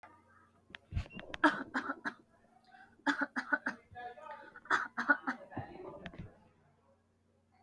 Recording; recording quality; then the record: shallow voluntary cough; excellent, no background noise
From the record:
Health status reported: healthy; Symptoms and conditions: fever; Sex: female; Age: 27 years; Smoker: not ticked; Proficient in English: yes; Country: India